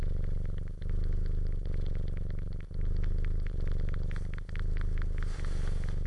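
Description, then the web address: Loud rumbling cat purr pulsing with each breath, accompanied by busy wet suckling smacks throughout. Cat purring while suckling. "cat purring and suckling"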